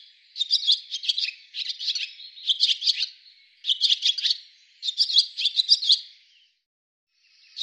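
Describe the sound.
Bird chirps: bursts of high twittering notes repeated in clusters, then a quiet pause before another note begins.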